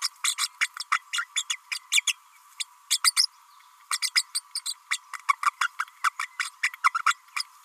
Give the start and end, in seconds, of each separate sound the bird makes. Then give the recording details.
0.01-0.08, 0.23-0.35, 0.38-0.48, 0.60-0.68, 0.91-0.98, 1.13-1.25, 1.36-1.44, 1.50-1.58, 1.71-1.79, 1.91-2.02, 2.07-2.14, 2.60-2.64, 2.90-3.00, 3.04-3.13, 3.16-3.27, 3.91-3.99, 4.02-4.10, 4.15-4.23, 4.34-4.41, 4.55-4.61, 4.65-4.74, 4.91-4.98, 5.28-5.33, 5.45-5.50, 5.61-5.68, 5.79-5.84, 6.04-6.10, 6.19-6.27, 6.39-6.50, 6.63-6.72, 6.83-6.92, 6.94-7.02, 7.06-7.14, 7.36-7.43. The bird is a female. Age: 31 days. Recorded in a nest box in Venezuela. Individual 17B32A5